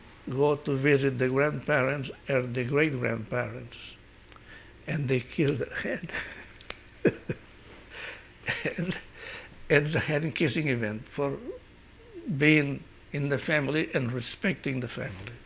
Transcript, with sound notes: go to visit the grandparents and the great-grandparents, and they kill the hen. ( he laughs ) And they having kissing event for being in the family and respecting the family.